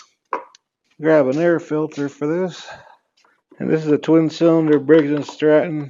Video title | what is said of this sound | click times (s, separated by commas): John Deer Riding Mower Sat Outside All Winter Long and Now It Won't Start Up | Push it on until it clicks. | 0.3 s